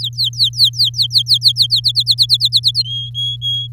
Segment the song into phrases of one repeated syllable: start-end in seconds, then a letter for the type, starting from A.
0.00-1.80 A, 1.84-2.83 B, 2.84-3.67 C